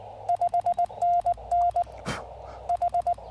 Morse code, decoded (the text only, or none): 5NN H